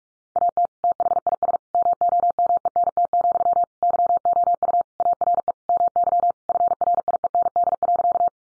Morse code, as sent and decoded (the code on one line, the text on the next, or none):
.- - / - .... .. ... / -- --- -- . -. - --..-- / -.-- --- ..- / .- .-. . / -- -.-- / ..-. .-. .. . -. -.. .-.-.-
AT THIS MOMENT, YOU ARE MY FRIEND.